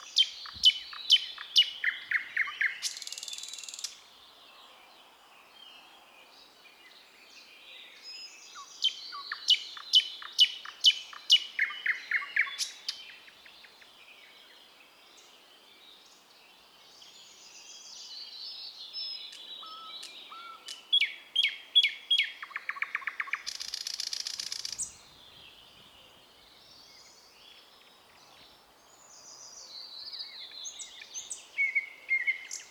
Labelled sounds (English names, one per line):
Thrush Nightingale song